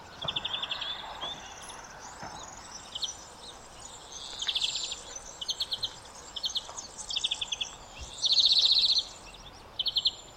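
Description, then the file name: European greenfinch sounding short rattling trills against noticeable background noise, mostly soft, with one louder, longer buzzy trill near the end. "Chloris chloris"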